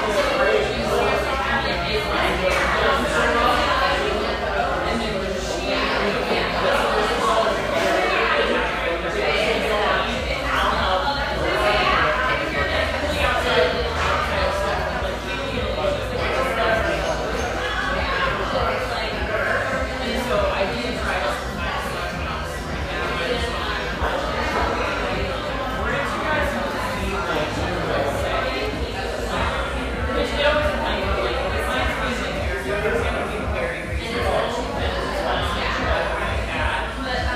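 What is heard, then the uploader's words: Busy café crowd with many overlapping voices in constant chatter, a dense steady murmur, low hum underneath, and occasional brighter clinks throughout. Enjoy the sounds of this extremely happy, sunlit café, a brief walk from the famous Santa Monica pier.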